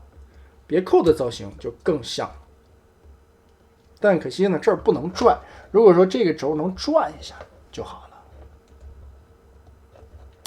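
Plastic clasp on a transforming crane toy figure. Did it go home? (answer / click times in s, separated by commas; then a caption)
yes / 10.5 s. A plastic clasp on a transforming plastic Transformers crane toy figure is closed while someone talks. After the talking, there is a quiet stretch with faint handling. Then the clasp snaps shut with a sharp click at 10.5 s and locks in place.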